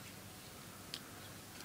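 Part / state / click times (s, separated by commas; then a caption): knife blade locking open against the handle's liner lock / seated / 0.9 s. A folding karambit knife's blade is opened, and the steel liner lock springs behind it, locking the blade open against the handle. One sharp tick is heard at 0.9 s over a quiet background. The blade is locked into place.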